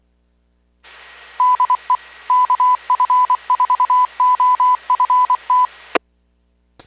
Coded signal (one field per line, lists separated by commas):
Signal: Morse code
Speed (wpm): 24 wpm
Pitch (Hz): 1000 Hz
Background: radio noise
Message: DE KF4OFT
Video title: KC9VKV HAM RADIO QSO - RONNIE-KF4MOM - 8/21/17 - HOT BEREA REPEATER!!! - JIM'S RADIO STORY - RS 1050